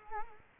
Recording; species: mosquito wingbeat signal from an infrared sensor; Culex quinquefasciatus